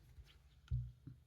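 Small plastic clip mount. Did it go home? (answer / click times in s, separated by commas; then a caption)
yes / 0.7 s. A DJI Osmo Action 3 action camera is unclipped from one attachment and pushed into another quick-release mount, a plastic magnetic clip, so it can be moved quickly between setups. A sharp click sounds at 0.7 s, followed by a low thump and a fainter tap just after 1.0 s. The camera seats in the mount, ready to be checked that it is steady.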